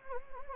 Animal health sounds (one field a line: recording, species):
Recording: mosquito wingbeat signal from an infrared sensor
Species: Anopheles gambiae